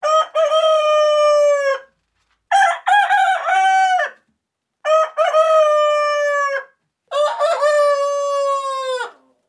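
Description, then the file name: Rooster crowing four times in succession, each loud harmonic crow lasting about two seconds with short silent gaps between them. "cock crowing"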